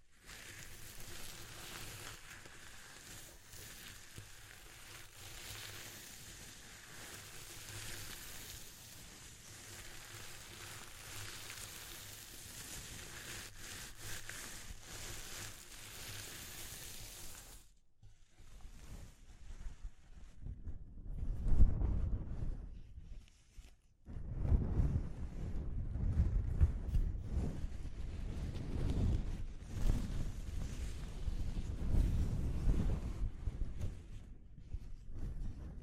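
A sound texture study opens with about seventeen seconds of steady, dense hiss over a low, even hum. It then cuts abruptly to gusty, rumbling low-end bursts like wind buffeting a microphone, with a brief drop near twenty-four seconds before the rumble resumes.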